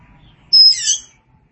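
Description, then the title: Oriental magpie-robin giving one brief song phrase: a clear high whistled note that runs into a scratchy, rasping flourish. Oriental magpie-robin (kacer) song. "Suara Kicauan Burung Kacer"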